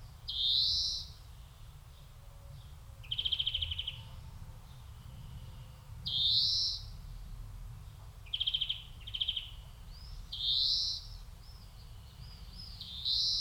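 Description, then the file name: European greenfinch giving rising wheezy notes alternating with short buzzy trills, spaced a few seconds apart, with steady low background rumble. "Chloris chloris"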